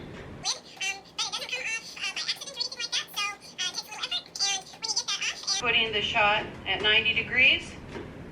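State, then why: Not seated. A migraine injection autoinjector pen is being handled and pressed against the skin at 90 degrees while someone talks. Nothing has clicked or seated yet by the end of the clip.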